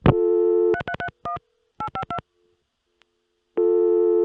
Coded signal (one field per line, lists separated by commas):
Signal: DTMF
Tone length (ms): 80 ms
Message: 3331 852